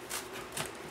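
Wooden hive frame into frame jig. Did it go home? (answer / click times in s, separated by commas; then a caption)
no / none. A wooden beehive frame is handled and pushed toward a frame-building jig, with soft broadband rustling and scraping, a brief louder scrape near 0.6 s. Nothing has seated or clicked yet; the frame is not yet home in the jig.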